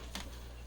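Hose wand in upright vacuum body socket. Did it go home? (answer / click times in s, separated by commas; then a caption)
released / 0.2 s. The hose wand on a Eureka Excalibur upright vacuum is pulled sharply up out of its socket in the vacuum body. A single clunk is heard at 0.2 s over a steady low hum, and the wand comes free of the socket.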